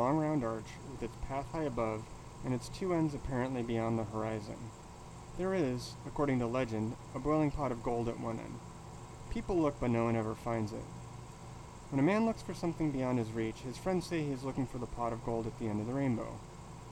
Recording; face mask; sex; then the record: reading aloud; surgical mask; male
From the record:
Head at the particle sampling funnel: tilted down, bridge of the nose in front of it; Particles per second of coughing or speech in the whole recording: 0.515